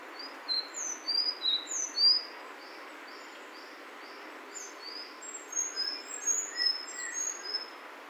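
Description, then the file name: Sakhalin leaf warbler song, a rapid series of high, thin notes in two bursts separated by a pause, over faint background hiss. Recorded in Saitama City, Japan, on 13 May 2020. "エゾムシクイ 200513 さいたま市"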